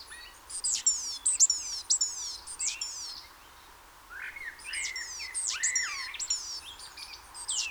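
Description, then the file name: Great tit calls: rapid series of thin, high, descending notes, a brief pause, then further high notes alongside lower, swooping chirps, with constant faint background noise. "Parus major"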